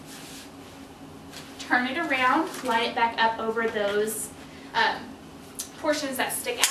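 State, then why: Not seated. A removed stroller seat for a Contours Bliss stroller is lifted, turned around and lined up over the mounting posts on the stroller frame, ready to be pushed down to click in. Someone talks throughout, with faint handling noises underneath. Nothing has seated or clicked yet.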